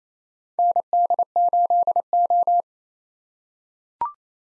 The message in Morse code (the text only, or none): ND8O